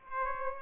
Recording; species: mosquito wingbeat signal from an infrared sensor; Aedes aegypti